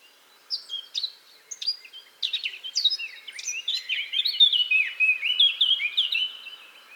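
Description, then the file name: Eurasian blackcap song, a varied warble starting with separate chirps and running into a louder, smoother stream of fluted whistles. "Sylvia atricapilla"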